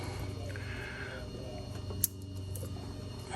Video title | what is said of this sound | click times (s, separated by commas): Tesla Offer/AmpTech Model Y Auto Frunk Installation | That nice little clicking noise. Yeah. Perfect. | 2.0 s